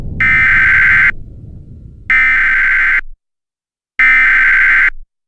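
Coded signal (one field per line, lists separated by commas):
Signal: Emergency Alert System (SAME) tones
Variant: header bursts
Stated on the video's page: Fictional EAS scenario using valid SAME tones.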